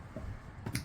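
Plastic tabs on a helmet hair accessory, three on each side, are slid into three matching slots on a helmet and pressed down one side at a time. A soft knock at 0.7 s is followed by a sharp, bright click at 0.8 s. The tabs seat firmly into the slots.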